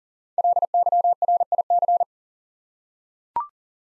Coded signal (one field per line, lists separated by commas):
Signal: Morse code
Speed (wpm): 42 wpm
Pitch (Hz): 700 Hz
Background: none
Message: LYRIC